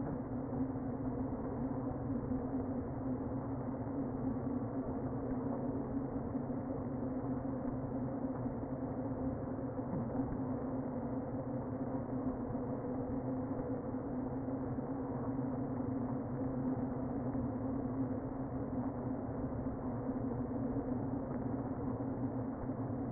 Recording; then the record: honeybee colony, microphone inside the hive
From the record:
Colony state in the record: queen present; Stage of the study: before two queens were removed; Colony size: about 60,000 bees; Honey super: yes